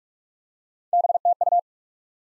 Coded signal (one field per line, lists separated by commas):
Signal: Morse code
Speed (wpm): 42 wpm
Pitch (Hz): 700 Hz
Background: none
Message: BTU